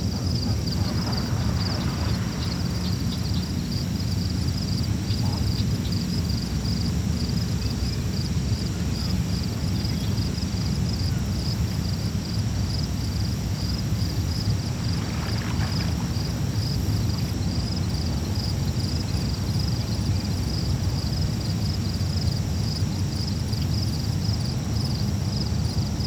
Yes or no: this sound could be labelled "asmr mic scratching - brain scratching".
no